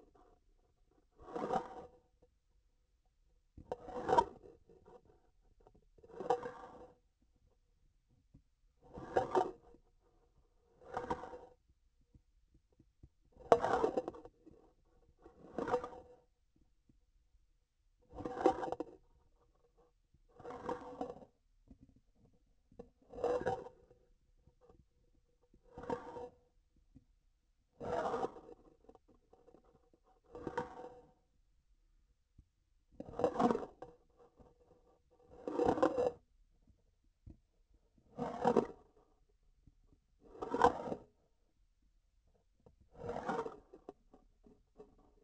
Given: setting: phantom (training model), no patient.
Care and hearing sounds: laparoscopic instrument, vibration sensor on the handle end; grasping forceps; approaching and retracting movements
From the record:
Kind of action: spatial motion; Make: Olympus

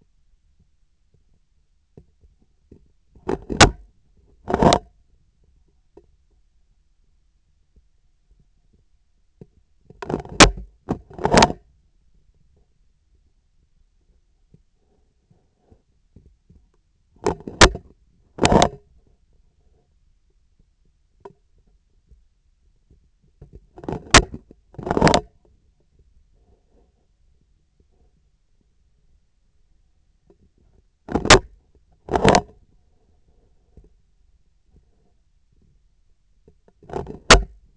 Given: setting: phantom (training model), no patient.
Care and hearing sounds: laparoscopic instrument, vibration sensor on the handle end; scissors; opening and closing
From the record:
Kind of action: tool actuation without material contact

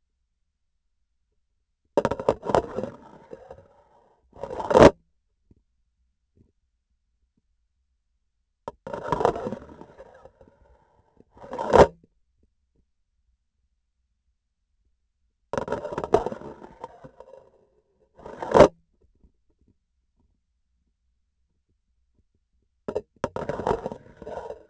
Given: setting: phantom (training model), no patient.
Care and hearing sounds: laparoscopic instrument, vibration sensor on the handle end; grasping forceps; insertion and removal through the trocar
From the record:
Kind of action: spatial motion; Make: other than Olympus

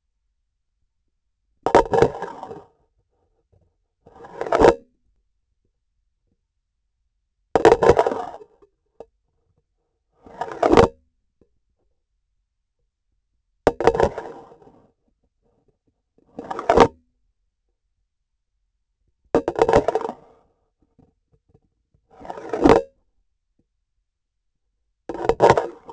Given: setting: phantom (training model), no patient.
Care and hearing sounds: laparoscopic instrument, vibration sensor on the handle end; grasping forceps; insertion and removal through the trocar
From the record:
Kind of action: spatial motion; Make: Olympus

